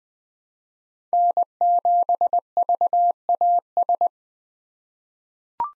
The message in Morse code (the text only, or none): N7VAS